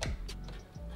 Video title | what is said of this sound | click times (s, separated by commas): RTX 3090 - Installing the EVGA Geforce RTX 3090 FTW3 Ultra Gaming | and just easily push that in you'll hear a little click that little clip just latching on | 0.0 s